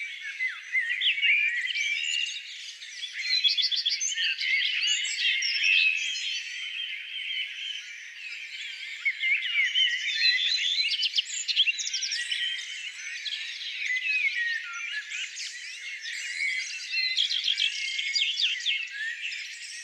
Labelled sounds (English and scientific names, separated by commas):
Common Redstart (Phoenicurus phoenicurus) song